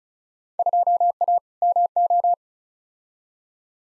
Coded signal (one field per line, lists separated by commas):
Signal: Morse code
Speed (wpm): 34 wpm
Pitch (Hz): 700 Hz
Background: none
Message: 2A MO